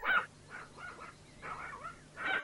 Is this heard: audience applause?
no